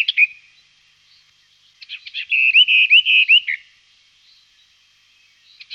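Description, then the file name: Western Orphean warbler singing one melodious phrase of repeated rising, whistled notes, preceded and followed by a few short clicks and chips. "pěnice-mistrovská"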